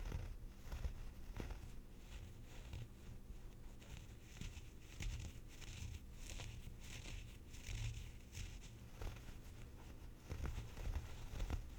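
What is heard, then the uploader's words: Sweater scratching: dense, continuous rustling and scraping with irregular soft thumps throughout, brighter bursts of friction coming and going every second or so. ASMR Sweater Scratching.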